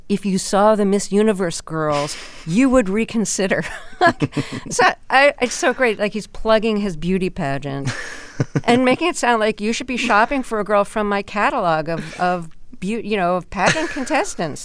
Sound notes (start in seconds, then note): 3.6 laughter; 7.8 laughter